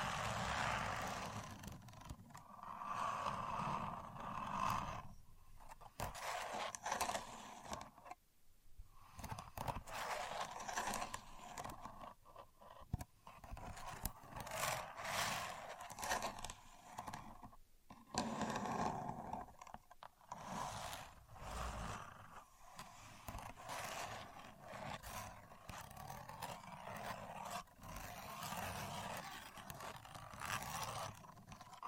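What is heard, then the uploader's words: A contour gauge is being used, its pins pressed and shifted in continuous scraping, clattering bursts. The sound is dense and fairly steady with uneven pulses, broken by brief quiet gaps near 8 and 18 seconds, and a low rumble runs underneath. Using A Contour Gauge (No Talking).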